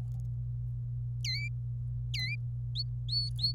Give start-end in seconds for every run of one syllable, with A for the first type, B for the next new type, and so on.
1.25-1.48 A, 2.14-2.35 A, 2.76-2.83 B, 3.09-3.52 B